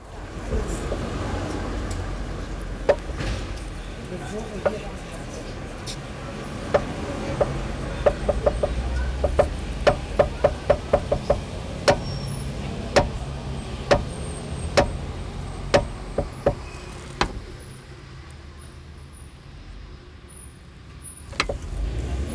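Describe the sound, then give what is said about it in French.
Someone fiddles with a car door: a series of sharp clicks and clunks from the latch and handle, bunched in a rapid flurry midway, then spaced out, over a low steady rumble. “Je joue avec la porte de la voiture.”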